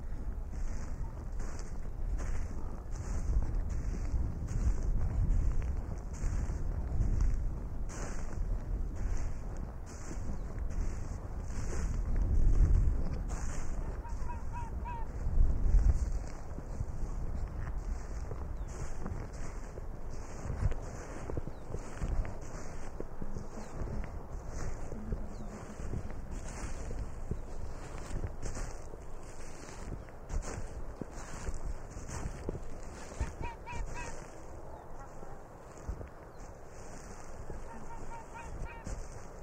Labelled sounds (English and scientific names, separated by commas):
Arctic Fox (Vulpes lagopus)